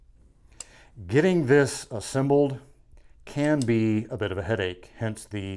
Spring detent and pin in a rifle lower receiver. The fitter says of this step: giving it see how I've got some resistance there I'm going to pop it through and it locks into place